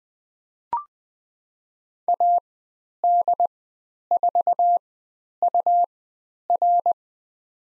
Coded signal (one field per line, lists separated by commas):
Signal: Morse code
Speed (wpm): 20 wpm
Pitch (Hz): 700 Hz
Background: none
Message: AD4UR